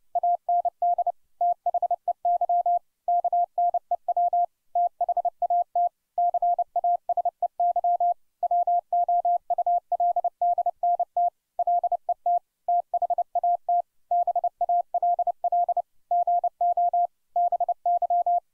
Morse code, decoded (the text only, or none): AND THEY KNEW THAT CASEY WOULDNT LET THAT BALL GO BY